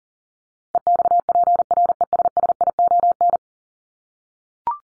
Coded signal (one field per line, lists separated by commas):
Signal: Morse code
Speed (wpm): 40 wpm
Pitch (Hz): 700 Hz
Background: none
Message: EXPRESSION